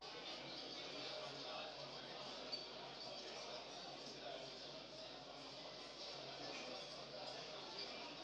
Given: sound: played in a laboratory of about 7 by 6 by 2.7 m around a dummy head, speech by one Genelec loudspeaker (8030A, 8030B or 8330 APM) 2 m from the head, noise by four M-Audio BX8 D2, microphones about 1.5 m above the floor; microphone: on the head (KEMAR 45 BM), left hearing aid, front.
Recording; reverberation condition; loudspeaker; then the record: cafeteria noise; medium; four, about 170 cm from the corners of the room and facing them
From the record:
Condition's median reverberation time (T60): about 510 ms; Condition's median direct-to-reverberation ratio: about -0.5 dB